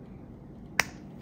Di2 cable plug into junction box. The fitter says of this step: nice click. So they're good to go